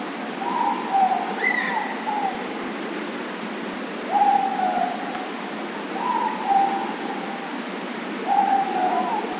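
Morepork calls, four hoots spaced throughout, over a steady rushing hiss like flowing water.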